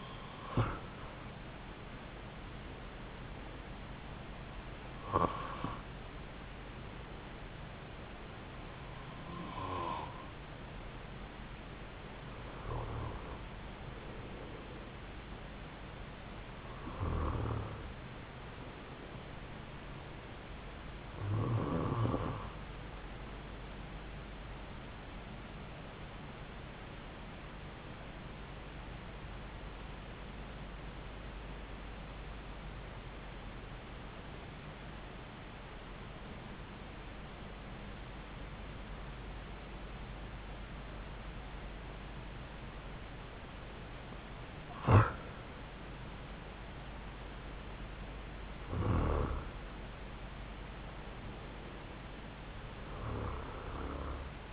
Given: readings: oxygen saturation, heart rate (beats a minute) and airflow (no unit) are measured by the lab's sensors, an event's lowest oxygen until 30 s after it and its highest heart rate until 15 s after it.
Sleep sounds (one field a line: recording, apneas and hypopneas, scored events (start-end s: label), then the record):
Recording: breathing in sleep by a voice recorder at the bedside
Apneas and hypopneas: 1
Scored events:
25.00-54.53 s: new sleep stage, N2 (light sleep)
28.00-47.10 s: hypopnea (N2, oxygen 96% highest, then 91% lowest)
From the record:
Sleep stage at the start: N1 (lightest sleep)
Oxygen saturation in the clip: 93 to 96%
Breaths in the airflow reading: 10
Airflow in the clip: -4.6 to 4.7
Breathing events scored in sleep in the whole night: 270 in 6.1 hours asleep